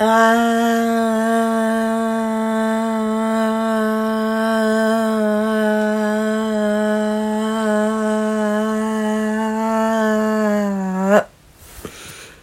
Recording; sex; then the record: sustained vowel /a/; female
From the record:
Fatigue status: fatigue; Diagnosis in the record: COVID-19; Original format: m4a